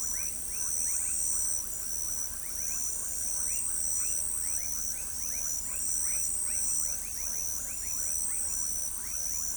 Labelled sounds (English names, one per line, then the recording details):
none
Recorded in pastures near Pivijay, Magdalena, Colombia, on 3 June 2023 at 19:30
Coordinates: 10.456, -74.369
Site P6-G026